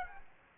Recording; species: mosquito wingbeat signal from an infrared sensor; Aedes aegypti